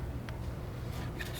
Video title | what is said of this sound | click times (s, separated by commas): Mercedes W203 C350 PCV Replacement DIY (2005-2014 Mercedes Benz M272 Engine & M273 Engine) | I'm going to recommend you do the bottom connector first just clip it in you'll hear a click and | 0.3 s, 1.2 s